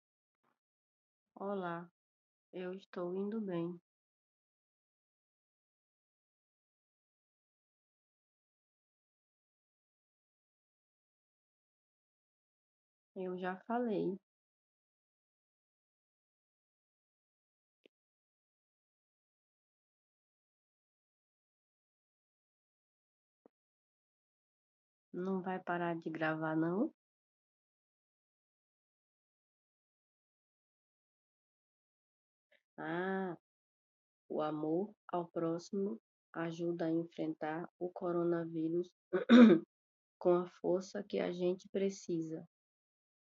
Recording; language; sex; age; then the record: spoken sentence; Brazilian Portuguese; female; 40 to 49 years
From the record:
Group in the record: control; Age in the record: 45 years